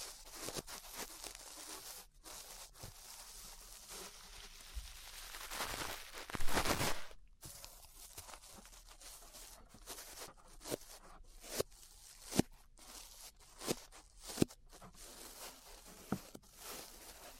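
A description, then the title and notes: Ear brushing: soft, dense scratchy swishes fill the clip, swelling loudest around six to seven seconds, then sharp brush taps recur every second or two. ASMR Relaxing 3Dio Ear Brushing (No Talking).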